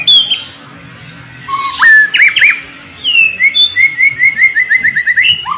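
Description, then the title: White-rumped shama giving clear whistled slurs and a harsh burst, followed by a fast series of repeated whistled notes. Lure recording of a strongly singing (gacor) shama, intended to make other shamas respond and sing immediately. "PANCINGAN MEWAH MURAI BATU GACOR, SEKALI DENGAR AMPUH LANGSUNG RESPON"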